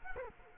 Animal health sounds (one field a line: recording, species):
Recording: mosquito wingbeat signal from an infrared sensor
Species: Culex quinquefasciatus